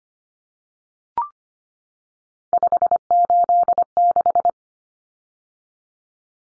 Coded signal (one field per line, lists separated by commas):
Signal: Morse code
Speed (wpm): 25 wpm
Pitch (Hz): 700 Hz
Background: none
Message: 586